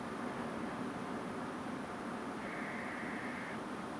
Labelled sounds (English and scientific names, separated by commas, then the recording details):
Western Barn Owl (Tyto alba)
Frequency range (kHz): Western Barn Owl (Tyto alba) 1.6-2.4 kHz
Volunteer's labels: Tyto alba alba
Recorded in France